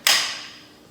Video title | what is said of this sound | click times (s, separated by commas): Mindray Anesthesia, PT-2 Quick tips Troubleshooting & Cleaning. | that snaps back in place there some of these are pretty straightforward but maybe you're new to this | 0.1 s